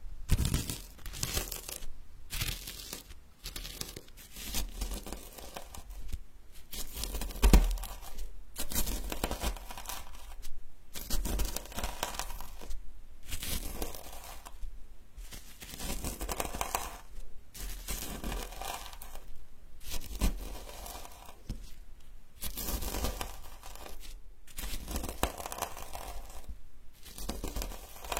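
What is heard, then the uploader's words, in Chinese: Medicinal herbs are ground by hand in repeated rough, gritty strokes, each a second or two long and separated by brief pauses. The crunching and scraping is dry, with a crinkly texture, and keeps a fairly steady rhythm throughout. 研磨药材。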